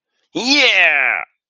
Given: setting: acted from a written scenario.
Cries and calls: vocal sound without words; pride

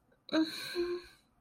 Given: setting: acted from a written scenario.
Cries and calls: vocal sound without words; guilt

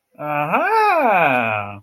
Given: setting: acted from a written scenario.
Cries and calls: vocal sound without words; positive surprise

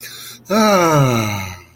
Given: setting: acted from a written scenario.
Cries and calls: vocal sound without words; contentment

